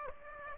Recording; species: mosquito wingbeat signal from an infrared sensor; Aedes aegypti